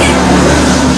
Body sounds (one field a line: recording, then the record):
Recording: coughing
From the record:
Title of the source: Residual Phlegmy Morning Coughing and Gagging